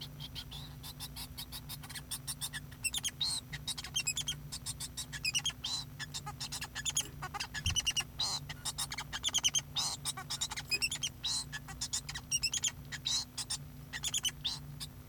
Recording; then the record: song of a male Bengalese finch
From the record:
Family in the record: son of father 2